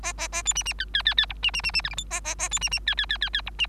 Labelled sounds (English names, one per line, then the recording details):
Bengalese Finch song
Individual Bird3